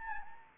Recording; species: mosquito wingbeat signal from an infrared sensor; Anopheles gambiae